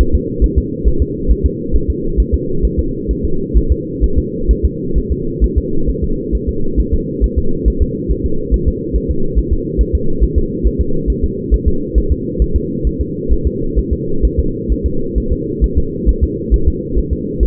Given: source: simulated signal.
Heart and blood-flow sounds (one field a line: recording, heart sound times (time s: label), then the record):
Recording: fetal heart sounds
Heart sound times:
0.01 s: S1
0.15 s: S2
0.44 s: S1
0.58 s: S2
0.88 s: S1
1.02 s: S2
1.31 s: S1
1.46 s: S2
1.75 s: S1
1.90 s: S2
2.20 s: S1
2.34 s: S2
2.65 s: S1
2.80 s: S2
3.11 s: S1
3.25 s: S2
3.57 s: S1
3.72 s: S2
4.04 s: S1
4.18 s: S2
4.51 s: S1
4.65 s: S2
4.98 s: S1
5.12 s: S2
5.44 s: S1
5.58 s: S2
5.90 s: S1
6.04 s: S2
6.35 s: S1
6.49 s: S2
6.80 s: S1
6.94 s: S2
7.24 s: S1
7.38 s: S2
7.68 s: S1
7.82 s: S2
8.11 s: S1
8.26 s: S2
8.54 s: S1
8.68 s: S2
8.96 s: S1
9.11 s: S2
9.38 s: S1
9.53 s: S2
9.81 s: S1
9.95 s: S2
10.23 s: S1
10.38 s: S2
10.66 s: S1
10.81 s: S2
11.10 s: S1
11.24 s: S2
11.54 s: S1
11.68 s: S2
11.98 s: S1
12.12 s: S2
12.42 s: S1
12.56 s: S2
12.87 s: S1
13.01 s: S2
13.32 s: S1
13.47 s: S2
13.79 s: S1
13.93 s: S2
14.25 s: S1
14.39 s: S2
14.72 s: S1
14.86 s: S2
15.18 s: S1
15.32 s: S2
15.64 s: S1
15.78 s: S2
16.09 s: S1
16.24 s: S2
16.54 s: S1
16.68 s: S2
16.99 s: S1
17.13 s: S2
17.43 s: S1
From the record:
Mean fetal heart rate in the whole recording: 135 bpm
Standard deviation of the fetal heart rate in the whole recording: 3 bpm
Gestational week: 34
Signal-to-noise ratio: -8.1 dB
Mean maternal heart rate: 72 bpm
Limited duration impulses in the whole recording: absent